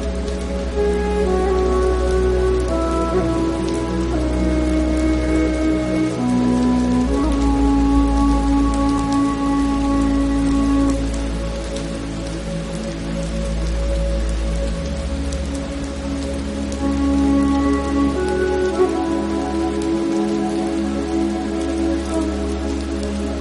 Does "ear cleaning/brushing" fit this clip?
no